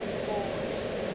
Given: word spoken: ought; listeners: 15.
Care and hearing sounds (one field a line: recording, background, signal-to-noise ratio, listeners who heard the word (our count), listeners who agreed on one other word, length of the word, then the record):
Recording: one English word in noise, from a listening test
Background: speech-shaped noise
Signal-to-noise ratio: -6.6 dB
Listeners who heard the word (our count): 0 of 15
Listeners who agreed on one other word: 9 of 15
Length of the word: 0.74 s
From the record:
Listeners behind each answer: 9, 3, 2, 1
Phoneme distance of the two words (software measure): 31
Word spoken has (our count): 1 syllable, 2 phonemes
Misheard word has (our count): 2 syllables, 5 phonemes, stress on syllable 1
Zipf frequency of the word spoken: 4.39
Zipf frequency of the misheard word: 5.33